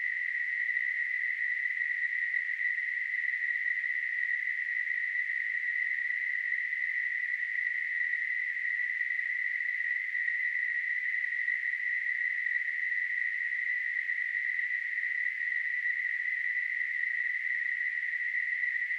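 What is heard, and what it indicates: A steady, unchanging narrow band of hissing tone centred near 2 kHz, with a fainter band near 4 kHz, held constant throughout: a synthesized simulation of tinnitus.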